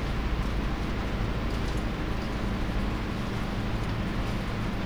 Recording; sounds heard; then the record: poultry house recording; no chicken sound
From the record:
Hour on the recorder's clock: 20